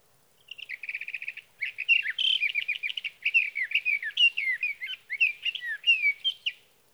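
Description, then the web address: Sage thrasher song opening with a fast buzzy stutter of repeated notes, then a long rambling stream of warbled, rising and falling phrases; the whole song lasts about six seconds. "birdsongforthecurious Sage Thrasher"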